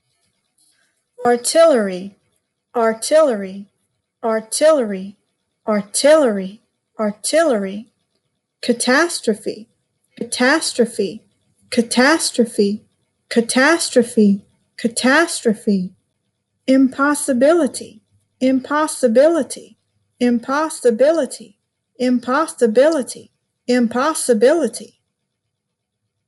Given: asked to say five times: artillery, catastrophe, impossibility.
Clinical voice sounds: three words, each repeated; female; 40 to 49 years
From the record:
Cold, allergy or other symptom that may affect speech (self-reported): no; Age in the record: 48 years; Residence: Louisiana, United States

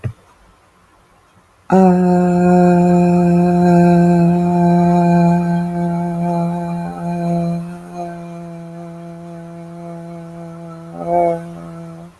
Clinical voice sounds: vowel held as long as possible; female; 30 to 39 years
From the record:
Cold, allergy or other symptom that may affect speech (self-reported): no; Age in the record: 37 years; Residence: Indiana, United States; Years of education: 12

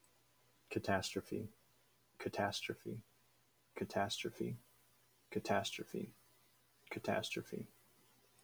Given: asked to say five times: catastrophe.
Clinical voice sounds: repeated word; male; 20 to 29 years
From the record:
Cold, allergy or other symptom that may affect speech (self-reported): no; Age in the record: 25 years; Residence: Wisconsin, United States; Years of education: 16

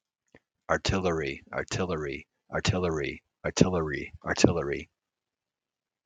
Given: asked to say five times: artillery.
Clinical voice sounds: repeated word; male; 50 to 59 years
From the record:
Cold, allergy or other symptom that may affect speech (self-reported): no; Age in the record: 56 years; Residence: Georgia, United States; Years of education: 16

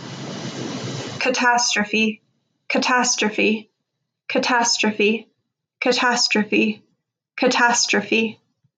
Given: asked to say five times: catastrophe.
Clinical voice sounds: repeated word; female; 20 to 29 years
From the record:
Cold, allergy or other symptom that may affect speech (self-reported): no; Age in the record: 26 years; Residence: California, United States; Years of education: 16

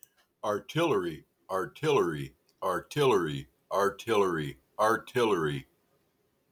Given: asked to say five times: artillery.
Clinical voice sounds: repeated word; male; 30 to 39 years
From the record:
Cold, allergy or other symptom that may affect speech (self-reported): no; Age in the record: 37 years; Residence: United States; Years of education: 18

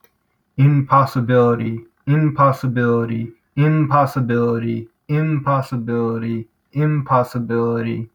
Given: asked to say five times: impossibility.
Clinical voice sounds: repeated word; male; 20 to 29 years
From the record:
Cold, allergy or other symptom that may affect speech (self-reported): no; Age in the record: 22 years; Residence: New York, United States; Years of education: 16

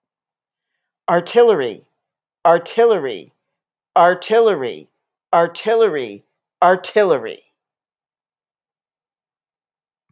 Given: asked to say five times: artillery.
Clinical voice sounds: repeated word; female; 60 to 69 years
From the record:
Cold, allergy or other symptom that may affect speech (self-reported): no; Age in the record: 63 years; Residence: Texas, United States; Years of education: 16

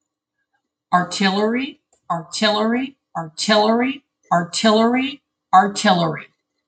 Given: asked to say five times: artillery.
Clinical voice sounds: repeated word; female; 60 to 69 years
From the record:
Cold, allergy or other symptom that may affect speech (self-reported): no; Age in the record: 61 years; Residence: United States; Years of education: 18

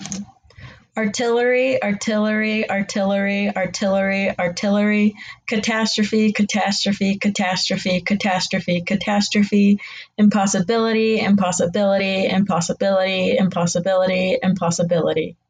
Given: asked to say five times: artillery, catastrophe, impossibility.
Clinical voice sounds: three words, each repeated; female; 20 to 29 years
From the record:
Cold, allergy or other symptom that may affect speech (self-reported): no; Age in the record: 24 years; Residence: Idaho, United States

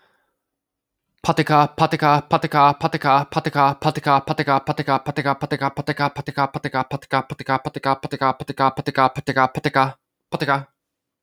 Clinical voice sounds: repeated syllables /pa ta ka/; male; 20 to 29 years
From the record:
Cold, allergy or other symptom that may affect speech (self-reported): no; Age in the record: 29 years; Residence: Washington, United States

